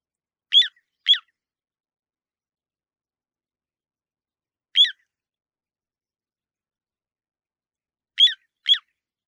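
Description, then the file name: Little ringed plover calls: short, clear, descending whistled notes, given mostly in quick pairs separated by long silences, with no other sounds. "kochidori"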